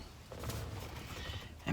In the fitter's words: it - you hear it click and